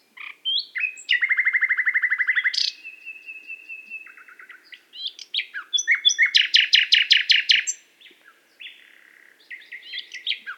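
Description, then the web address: Nightingale song: varied phrases with a long rapid rattle of repeated notes, a sustained whistle, then a loud fast trill and scattered chirps, with pauses between phrases. Recorded in Qatar. "qatar birds qatar birds presentation extracts nightingale"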